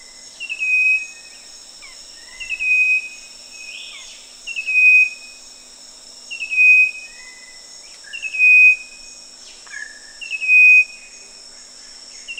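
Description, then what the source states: Striped wren-babbler giving downslurred whistled notes at steady two-second intervals, with occasional lower whistles and brief clicks, over a constant shrill insect background. Recorded at Danum on 1 March 2008.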